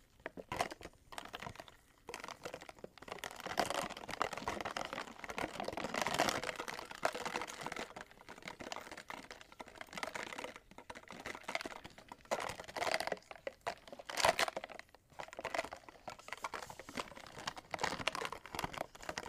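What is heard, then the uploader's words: Ice clinks and crackles in dense, irregular bursts of small bright ticks and rustles. Activity swells around six seconds and again near fourteen, with brief quiet gaps between clusters and a faint low rumble underneath. Ice clinking, ice melting. Blue yeti microphone.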